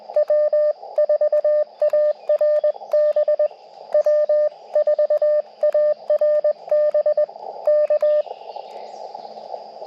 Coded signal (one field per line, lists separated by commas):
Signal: Morse code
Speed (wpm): 21 wpm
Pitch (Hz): 600 Hz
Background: radio noise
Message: W4ARB W4ARB K